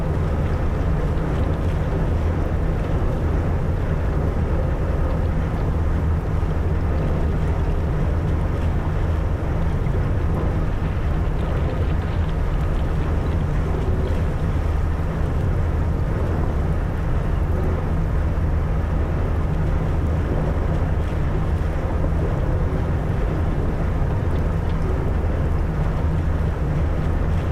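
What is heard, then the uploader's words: A ship's engines hum steadily through icy water, a deep, constant drone with a strong low rumble and faint tonal lines above it. The level never changes across the clip, with a soft wash of water and wind hiss running underneath. The Frozen Arctic Ocean Icebreaker. Navigating the frozen Baltic seas near Magical Lapland, Finland. The resonant hum of the ship's engines as they meticulously power through icy waters.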